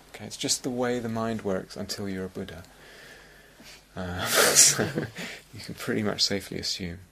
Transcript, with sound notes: It's just the way the mind works until you're a Buddha. [laughs] You can pretty much safely assume.